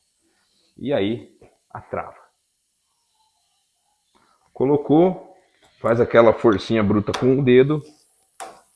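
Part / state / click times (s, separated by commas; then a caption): retaining clip into brake pedal valve body groove / seated / 8.4 s. A metal retaining clip (circlip) is pressed by hand into its groove over the spring seat washer of a Knorr EBS brake pedal valve for a Volvo while someone talks. A short sharp tick at 8.4 s marks the clip snapping into the groove. It is then checked with pliers and confirmed locked.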